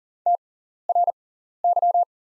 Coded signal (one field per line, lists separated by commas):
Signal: Morse code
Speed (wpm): 40 wpm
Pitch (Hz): 700 Hz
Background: none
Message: TRY